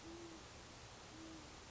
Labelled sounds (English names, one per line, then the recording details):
Great Horned Owl
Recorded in Sonoma County, California